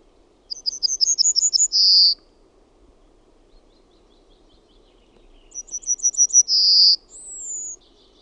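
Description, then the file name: Yellowhammer song given twice, each a rapid chain of high ticking notes closing with a long buzzy note; a separate descending whistle follows the second phrase. "KELTASIRKKU"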